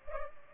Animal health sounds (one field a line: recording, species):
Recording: mosquito wingbeat signal from an infrared sensor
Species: Culex pipiens